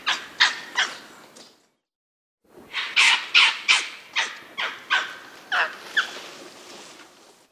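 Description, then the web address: Wedge-capped capuchin calls, a series of about ten harsh, squawking barks spaced under half a second apart after a brief pause, over a hissing background. South American rainforest primate. "Natures Songs S America Primates of the Rainforest Wedge-capped capuchin monkey"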